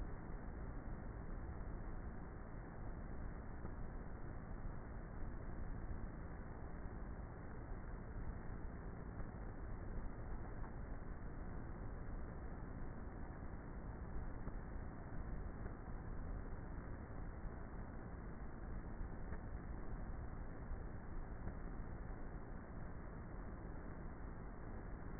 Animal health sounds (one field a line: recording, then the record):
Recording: honeybee colony, microphone inside the hive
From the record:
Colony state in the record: queenless with a low population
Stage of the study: before two queens were removed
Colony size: about 30,000 bees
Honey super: no